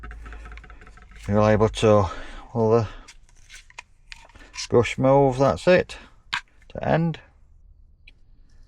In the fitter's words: fantastic got a little button there it locks in place